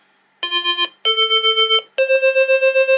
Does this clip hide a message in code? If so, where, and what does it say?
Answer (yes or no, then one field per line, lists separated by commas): no